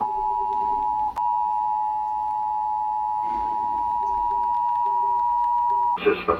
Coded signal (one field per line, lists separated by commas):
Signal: Emergency Alert System (SAME) tones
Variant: 853 and 960 Hz attention tone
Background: speech